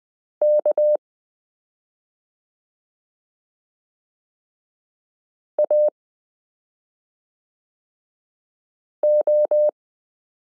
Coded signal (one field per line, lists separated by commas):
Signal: Morse code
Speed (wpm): 20 wpm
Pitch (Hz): 600 Hz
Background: none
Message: K AO